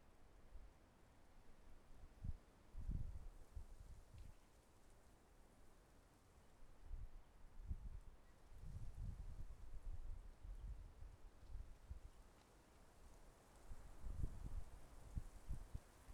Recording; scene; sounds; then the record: everyday scene through a hearing-aid microphone; wind on the microphone; wind, traffic, birds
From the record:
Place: suburban garden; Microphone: behind the ear, left, rear